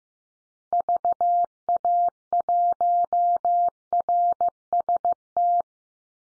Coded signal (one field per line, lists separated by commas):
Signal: Morse code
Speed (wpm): 15 wpm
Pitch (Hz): 700 Hz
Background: none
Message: VA1RST